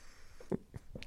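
Quiet room with a few brief low gurgles from the empty stomach of an adult man who has eaten nothing all day during a two-week fast: ordinary hunger rumbling, borborygmi, likened to a baby kicking.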